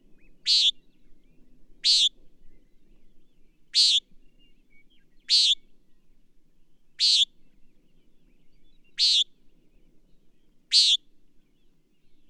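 Bird song of short, bright, high chirps repeated roughly every one and a half to two seconds, seven notes over a quiet background.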